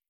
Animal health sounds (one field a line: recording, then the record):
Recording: hydrophone in a shrimp aquaculture tank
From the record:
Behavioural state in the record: stressed